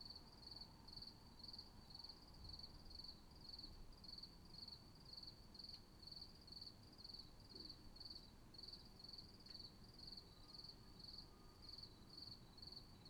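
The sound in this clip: Cricket giving continuous rhythmic chirps, around two per second, with soft low background rumble.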